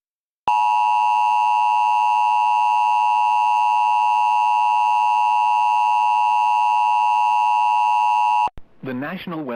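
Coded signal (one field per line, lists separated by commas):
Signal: Emergency Alert System (SAME) tones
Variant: 853 and 960 Hz attention tone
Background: speech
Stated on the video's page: Flash flood warning EAS relayed on a public television station, noted as failed.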